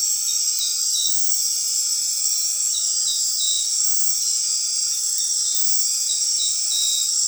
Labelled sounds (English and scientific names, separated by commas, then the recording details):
none
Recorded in dense forest near Puerto Asís, Putumayo, Colombia, on 20 February 2024 at 22:30
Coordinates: 0.502, -76.326
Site G6460